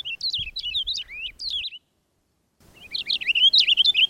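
Purple Finch song in two bursts of quick, looping warbled notes separated by a short silence.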